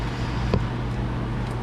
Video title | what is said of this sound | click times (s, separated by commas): !!! LS Engine Tune Up - GMC 2500 Savana Customer States: Fix EVERYTHING | but there's my audible clip | 0.5 s